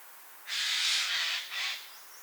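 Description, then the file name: Eurasian jay uttering one long harsh rasping screech followed by a shorter second rasp. "Garrulus glandarius"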